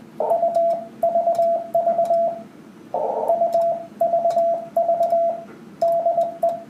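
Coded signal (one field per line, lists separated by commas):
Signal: Morse code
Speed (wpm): 20 wpm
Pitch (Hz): 680 Hz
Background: radio noise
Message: UVV UVV DE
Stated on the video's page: Icom IC-746 Pro transceiver.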